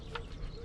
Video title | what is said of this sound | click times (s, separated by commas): DR Power 62 Volt Equipment Review Zone 10a California | and then what you do is you uh listen for that click when you hear the click then it's engaged | 0.2 s